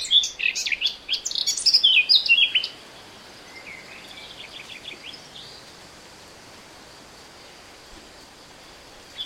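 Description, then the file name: Eurasian blackcap, a loud burst of varied, high, warbling notes for about three seconds, then only faint twitters over a steady background hiss. "Sylvia atricapilla"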